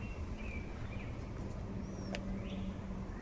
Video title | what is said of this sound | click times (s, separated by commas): The SHOCKINGLY EASY Quad Lock Installation on Honda Rebel 500 | and then twist it. Snaps in place. | 2.1 s